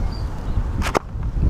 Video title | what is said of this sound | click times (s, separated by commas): Redundancy. Don't let it effect your game. WolfeCustoms shop #014 | oh my God it snaps into place imagine that | 1.0 s